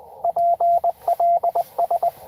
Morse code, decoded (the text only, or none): PLS